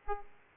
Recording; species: mosquito wingbeat signal from an infrared sensor; Aedes aegypti